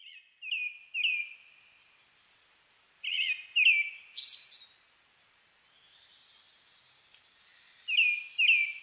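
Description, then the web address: Brown-headed thrush song: phrases of a few rolling whistled notes, one ending in a high thin flourish, with pauses between phrases. Recorded on 29 May 2004. "2004 040529 akahara"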